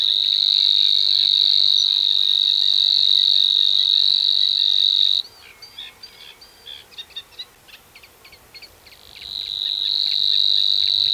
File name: snor zang